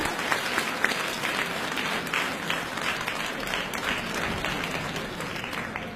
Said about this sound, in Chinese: 好，下面呢再请出我们的四号选手为大家表演他们的加演小段，大家欢迎。 好的，热烈掌声有请一下。